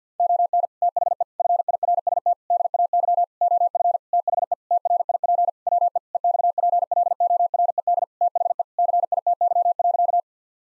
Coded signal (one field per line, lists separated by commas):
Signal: Morse code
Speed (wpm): 50 wpm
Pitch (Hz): 700 Hz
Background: none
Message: ON THE FIRST DAY OF THE TRIP WE EXPLORED THE CITY.